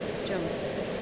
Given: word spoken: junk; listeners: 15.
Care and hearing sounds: one English word in noise, from a listening test; speech-shaped noise; -5.4 dB; 1 of 15; 14 of 15; 0.62 s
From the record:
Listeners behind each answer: 14, 1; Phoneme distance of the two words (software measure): 20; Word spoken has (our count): 1 syllable, 4 phonemes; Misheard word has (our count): 1 syllable, 4 phonemes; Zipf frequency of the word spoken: 3.97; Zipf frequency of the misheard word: 4.84

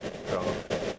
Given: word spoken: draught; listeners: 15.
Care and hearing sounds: one English word in noise, from a listening test; noise modulated by three-talker babble; -3.9 dB; 0 of 15; 8 of 15; 0.59 s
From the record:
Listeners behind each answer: 8, 2, 2, 1, 1, 1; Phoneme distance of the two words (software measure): 24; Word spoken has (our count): 1 syllable, 5 phonemes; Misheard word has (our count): 1 syllable, 3 phonemes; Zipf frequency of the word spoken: 3.04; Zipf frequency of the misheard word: 4.94

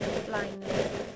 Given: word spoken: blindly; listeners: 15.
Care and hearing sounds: one English word in noise, from a listening test; noise modulated by three-talker babble; -5.0 dB; 1 of 15; 7 of 15; 0.76 s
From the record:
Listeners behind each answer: 7, 3, 2, 1, 1, 1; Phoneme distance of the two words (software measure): 14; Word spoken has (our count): 2 syllables, 7 phonemes, stress on syllable 1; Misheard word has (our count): 1 syllable, 5 phonemes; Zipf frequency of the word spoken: 2.76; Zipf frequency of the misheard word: 4.42

